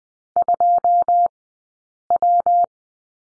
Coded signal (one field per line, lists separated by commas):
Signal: Morse code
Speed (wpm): 19 wpm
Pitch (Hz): 700 Hz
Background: none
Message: 2W